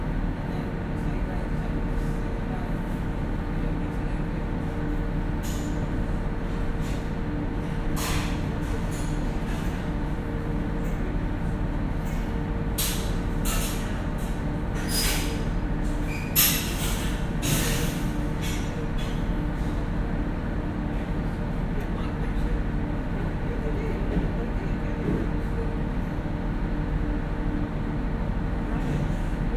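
Aboard the Gosport–Portsmouth passenger ferry, a steady low engine rumble with a faint hum runs throughout. Voices murmur in the background, and short bright clanks and knocks break through now and then, clustering around the middle of the half minute.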